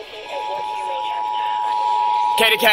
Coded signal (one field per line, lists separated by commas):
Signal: Emergency Alert System (SAME) tones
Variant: 853 and 960 Hz attention tone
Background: speech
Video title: EAS 2301-2302 PA RMT ON KDKA on both AM and FM Transmitters